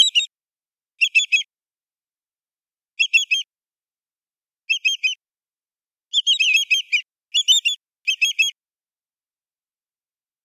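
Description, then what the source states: Greater yellowlegs calling with ringing, whistled 'tew-tew-tew' phrases in short bursts, spaced a second or two apart, including a longer flurry near the middle. Recorded on 4 May 2012.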